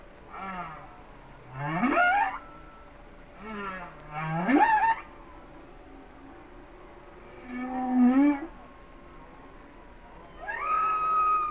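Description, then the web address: Humpback whale song: long moaning units that swoop upward into higher cries, with a pause between phrases and a steady held tone in the background. "Natures Songs Whale Songs Sounds of Nature - Humpback Whales"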